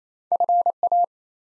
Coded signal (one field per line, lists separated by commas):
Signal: Morse code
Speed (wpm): 27 wpm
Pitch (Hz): 700 Hz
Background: none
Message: FA